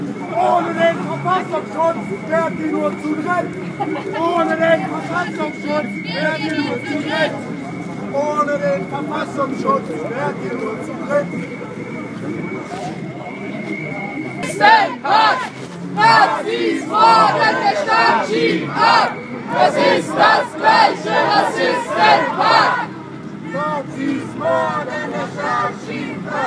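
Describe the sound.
Anti-Nazi protest with a steady crowd babble of many overlapping voices throughout. A faint, steady whine holds under the first half. From about fifteen seconds, louder shouting bursts out repeatedly, a few voices yelling in quick succession until around twenty-three seconds.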